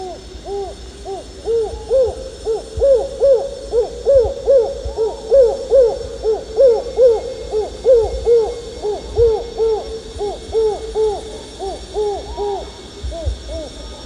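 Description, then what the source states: White-crowned hornbill hoots: a dense chorus of overlapping, arched hollow notes, repeated rapidly throughout, with a steady high insect hum behind. Danum, Borneo, 1 April 2006.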